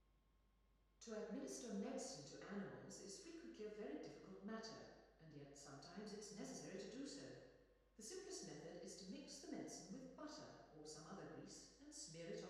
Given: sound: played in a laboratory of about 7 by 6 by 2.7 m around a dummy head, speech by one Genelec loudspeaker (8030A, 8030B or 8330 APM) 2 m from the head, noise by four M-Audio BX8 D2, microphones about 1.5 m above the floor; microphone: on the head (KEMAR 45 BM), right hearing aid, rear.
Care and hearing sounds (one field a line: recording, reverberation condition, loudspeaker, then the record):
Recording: female speech in English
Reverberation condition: high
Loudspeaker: in front (0 degrees)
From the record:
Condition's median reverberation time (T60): about 1300 ms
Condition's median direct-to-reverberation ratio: about -4.0 dB